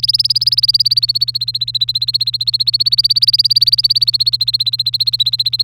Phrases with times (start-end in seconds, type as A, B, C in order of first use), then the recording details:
0.03-5.62 A. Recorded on 3 May 2018 at 14:02. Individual llb3